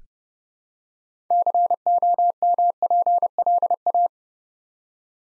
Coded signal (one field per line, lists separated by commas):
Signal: Morse code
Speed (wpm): 29 wpm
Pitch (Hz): 700 Hz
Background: none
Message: COMPLA